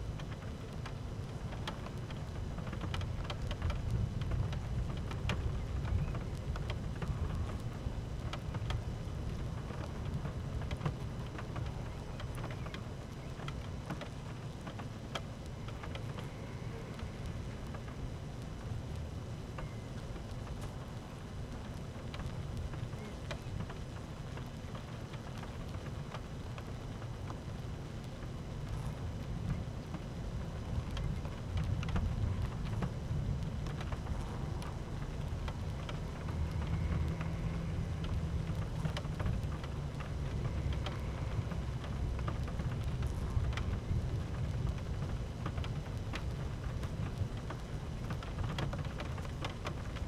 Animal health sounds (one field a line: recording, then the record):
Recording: honeybee colony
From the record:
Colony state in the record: active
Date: 12 June 2018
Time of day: 12:59